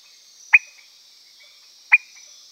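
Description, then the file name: Peters' thin-toed frog giving two short notes about one and a half seconds apart over a constant high hum. "Leptodactylus petersii"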